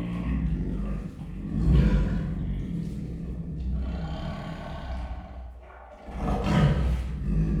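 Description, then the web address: Siberian tiger giving low, rumbling roars, two heavy bursts about five seconds apart over a steady deep background hum. Captive female tiger recorded at the zoo in Miskolc, Hungary, in 2018. "sziberiai tigris amasiknostenyhangjaismegjon miskolczoo"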